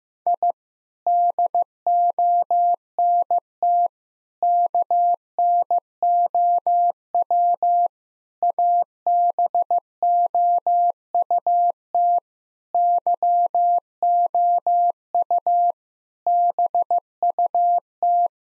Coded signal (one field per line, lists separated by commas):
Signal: Morse code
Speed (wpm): 15 wpm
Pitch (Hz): 700 Hz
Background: none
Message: I DONT KNOW ABOUT YOU BUT